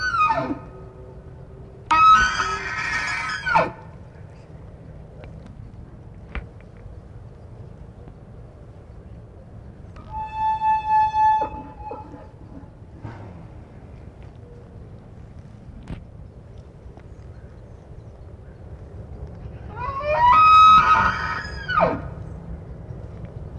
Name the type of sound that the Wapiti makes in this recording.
rut call